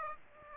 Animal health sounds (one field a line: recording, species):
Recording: mosquito wingbeat signal from an infrared sensor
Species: Aedes aegypti